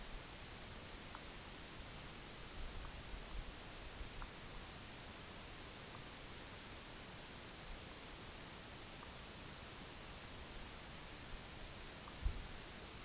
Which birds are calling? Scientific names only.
none